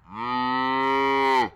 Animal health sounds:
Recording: contact call of a hoofed animal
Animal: cattle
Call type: low-frequency (closed-mouth) or high-frequency (open-mouth) call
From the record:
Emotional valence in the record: negative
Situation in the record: full separation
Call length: 1.56 s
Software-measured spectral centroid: 1870 Hz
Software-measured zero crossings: 1870 a second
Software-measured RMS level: -24 dBFS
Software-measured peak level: -15 dBFS

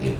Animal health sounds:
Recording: contact call of a hoofed animal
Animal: pig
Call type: closed-mouth grunt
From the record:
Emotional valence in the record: positive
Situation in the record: food and toys in familiar pen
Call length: 0.19 s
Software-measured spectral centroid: 1930 Hz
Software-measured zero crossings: 930 a second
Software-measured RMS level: -25 dBFS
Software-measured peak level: -13 dBFS

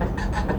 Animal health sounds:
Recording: contact call of a hoofed animal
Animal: goat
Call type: low-frequency (closed-mouth) or high-frequency (open-mouth) call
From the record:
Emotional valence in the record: positive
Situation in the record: food anticipation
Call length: 0.59 s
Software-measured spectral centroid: 1720 Hz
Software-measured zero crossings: 940 a second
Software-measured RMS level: -24 dBFS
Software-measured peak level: -11 dBFS

